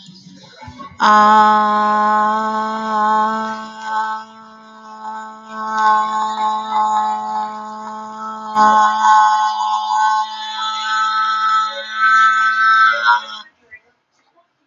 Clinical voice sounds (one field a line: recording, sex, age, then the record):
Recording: vowel held as long as possible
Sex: female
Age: 60 to 69 years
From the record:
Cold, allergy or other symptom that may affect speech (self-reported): no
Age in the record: 64 years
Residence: New Jersey, United States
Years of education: 14